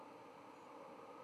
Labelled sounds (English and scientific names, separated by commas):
White-throated Sparrow (Zonotrichia albicollis) flight call